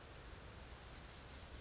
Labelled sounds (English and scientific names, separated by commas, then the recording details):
Chestnut-backed Chickadee (Poecile rufescens)
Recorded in Sonoma County, California